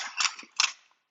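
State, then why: Seated. A Thule Evo Clamp door frame bracket (clamp bracket) is pushed into a roof rack foot for WingBar Evo crossbars on a 2013-2020 Ford Fusion 4-door sedan. A softer plastic rattle near 0.2 s is followed by a sharp click at 0.6 s. The bracket seats into the foot.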